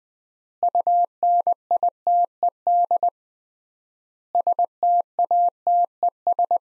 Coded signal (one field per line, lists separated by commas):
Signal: Morse code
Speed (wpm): 20 wpm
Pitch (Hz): 700 Hz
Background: none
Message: UNITED STATES